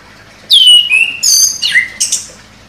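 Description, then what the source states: Orange-headed thrush giving a brief string of loud slurred whistles and sharp high notes, some falling in pitch. Indonesian name anis kembang; bird described as gacor, singing actively.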